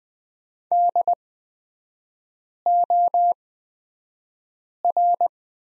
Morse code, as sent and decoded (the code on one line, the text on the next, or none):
-.. --- .-.
DOR